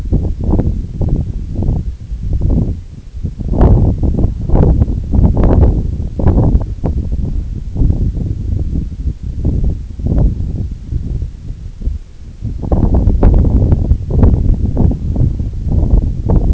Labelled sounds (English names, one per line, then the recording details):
none
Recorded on Arctic tundra, site NAIT-1, on 2 July 2019
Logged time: 02:00